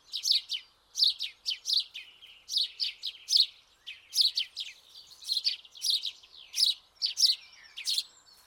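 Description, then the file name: House sparrow chirping: rapid, harsh chirps in steady clusters, a busy chattering stream. "Passer domesticus"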